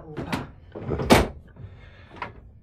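A massive studio door is handled: a few rough scraping knocks build to one loud, full-bodied thud midway, followed by a softer clunk as it settles.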